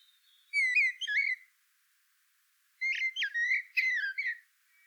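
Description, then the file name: Common blackbird song: two mellow whistled phrases, the second broken into several quick fluting notes with higher squeaky overtones, separated by a short silence. "Turdus merula"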